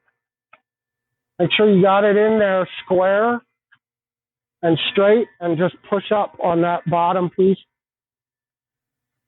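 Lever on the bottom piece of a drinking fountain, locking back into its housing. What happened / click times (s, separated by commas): Handled, not yet home: no lever click yet / none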